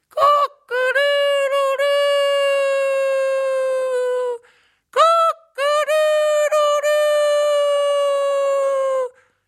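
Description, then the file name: Rooster crowing twice, each crow a short note followed by a long, sustained, strongly harmonic call lasting several seconds, with a brief pause between the two crows. "rooster"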